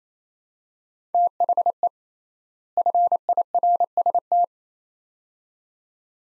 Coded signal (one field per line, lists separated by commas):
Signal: Morse code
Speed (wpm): 28 wpm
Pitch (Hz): 700 Hz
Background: none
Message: THE FIRST